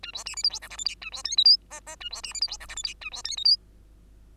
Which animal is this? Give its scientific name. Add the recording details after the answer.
Lonchura striata domestica. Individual Bird2